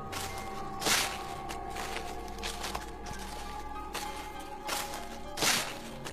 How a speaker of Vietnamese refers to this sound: Tiếng bước chân đều đều vang lên, có ai đó đang đi ở bên ngoài. Người này cứ đi lòng và lòng vòng, rồi bất ngờ dừng lại ngay sau cái cánh cửa gỗ bên ngoài nhà tắm.